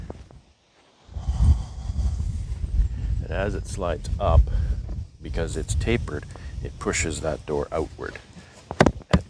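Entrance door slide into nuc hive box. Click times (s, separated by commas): 8.8 s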